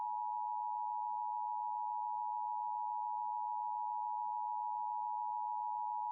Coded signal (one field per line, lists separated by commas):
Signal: Emergency Alert System (SAME) tones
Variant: 853 and 960 Hz attention tone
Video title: LIVE AM/MW DX: DX Central Live - S. 3, Ep. 27 | Friday, April 28, 2023